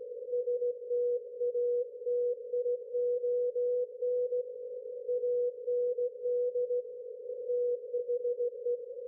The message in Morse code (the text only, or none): STATION AND THE